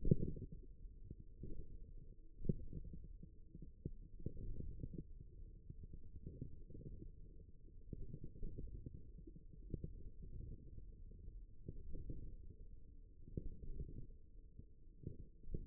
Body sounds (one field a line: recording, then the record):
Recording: forearm muscle sounds (acoustic myography)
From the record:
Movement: radial deviation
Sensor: system 1, eight BSWA MPA416 microphones around the upper forearm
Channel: 7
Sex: male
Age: 54 years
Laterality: right